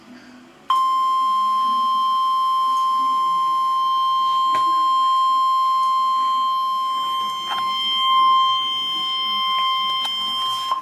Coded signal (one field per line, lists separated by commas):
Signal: Emergency Alert System (SAME) tones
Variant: 1050 Hz attention tone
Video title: EAS Alert #335-338 (SVR & 3 Tornado Warnings, including a Tornado Emergency)